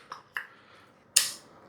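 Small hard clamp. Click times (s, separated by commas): 1.2 s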